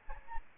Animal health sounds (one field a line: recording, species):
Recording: mosquito wingbeat signal from an infrared sensor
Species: Aedes albopictus